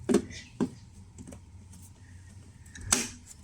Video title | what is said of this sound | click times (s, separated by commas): Legion 5 Pro SSD Upgrade Tutorial | Hear the clicks. | 0.1 s, 0.6 s, 2.9 s